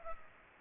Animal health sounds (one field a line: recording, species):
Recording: mosquito wingbeat signal from an infrared sensor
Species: Culex pipiens